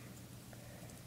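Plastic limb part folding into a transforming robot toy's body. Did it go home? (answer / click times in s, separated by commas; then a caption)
no / none. A plastic leg or foot part is folded into place on a transforming plastic robot toy, but the joint fails to click. Only a steady low, rain-like background hiss is heard with no clear hit, and nothing has seated or clicked yet.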